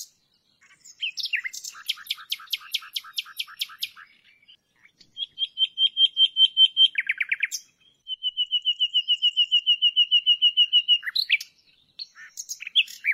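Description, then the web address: Common nightingale song with scratchy chattering notes followed by two long, very rapid trills of repeated pure notes and a final burst of sharp chips. "nachtigall"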